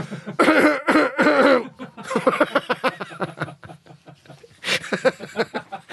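An adult imitates coughing: three loud voiced bursts open the clip, then a fast, uneven run of shorter hacking sounds with a chuckling quality, and a final strong burst. The coughs are deliberate imitations in a rhythmic pattern, not a spontaneous cough.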